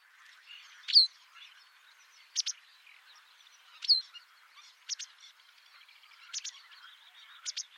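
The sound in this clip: White wagtail calls, crisp high single and double notes given every second or so over faint background twittering.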